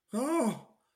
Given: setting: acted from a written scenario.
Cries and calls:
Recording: vocal sound without words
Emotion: distress

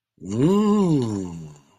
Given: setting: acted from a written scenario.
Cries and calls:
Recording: vocal sound without words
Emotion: interest

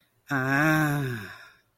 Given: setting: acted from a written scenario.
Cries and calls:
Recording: vocal sound without words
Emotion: desire

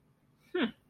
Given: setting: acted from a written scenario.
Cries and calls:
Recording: vocal sound without words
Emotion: neutral

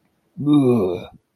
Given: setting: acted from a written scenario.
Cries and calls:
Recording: vocal sound without words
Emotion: disgust

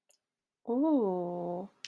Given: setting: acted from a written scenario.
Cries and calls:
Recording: vocal sound without words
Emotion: romantic love

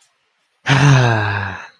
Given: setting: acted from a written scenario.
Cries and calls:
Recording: vocal sound without words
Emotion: contentment

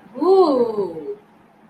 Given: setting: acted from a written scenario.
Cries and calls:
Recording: vocal sound without words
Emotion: awe

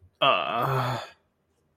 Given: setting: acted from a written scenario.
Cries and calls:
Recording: vocal sound without words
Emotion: shame

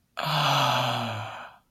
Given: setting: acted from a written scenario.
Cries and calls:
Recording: vocal sound without words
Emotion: ecstasy

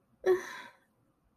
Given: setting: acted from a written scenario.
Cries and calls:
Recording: vocal sound without words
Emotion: sadness

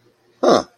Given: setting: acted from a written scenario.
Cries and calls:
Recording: vocal sound without words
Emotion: realization

